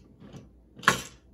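A 3D-printed plastic insert is put sideways into a dice box and then turned until it locks in, solidly held even without magnets. Faint scraping and rubbing come first, then a sharp click at 0.9 s as the insert locks into place.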